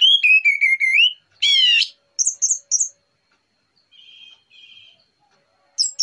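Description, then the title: Orange-headed thrush giving a rich whistled phrase, a harsh buzzy note, quick high chips, then two soft buzzy notes and a final high chirp. Relaxed morning song, used as a lure. "Pancingan Anis Merah Plong Santai Pagi Hari"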